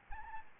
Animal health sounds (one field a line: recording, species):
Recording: mosquito wingbeat signal from an infrared sensor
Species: Aedes albopictus